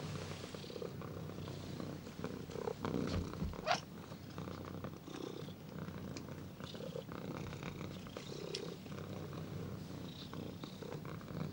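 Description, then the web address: Domestic cat purring continuously in a rough, rhythmic rumble, with a single brief squeak near the four-second mark. "domestic cat squealing and purring"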